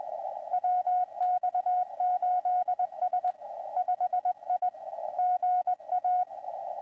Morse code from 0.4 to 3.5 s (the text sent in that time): WX8S